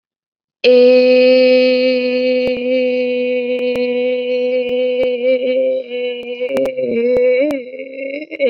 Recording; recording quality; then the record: sustained vowel as in made; excellent, no background noise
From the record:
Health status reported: COVID-19 positive, mild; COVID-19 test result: positive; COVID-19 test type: RT-PCR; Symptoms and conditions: cough, sore throat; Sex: female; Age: 18 years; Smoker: no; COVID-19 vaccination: both doses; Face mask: not worn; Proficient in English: yes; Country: India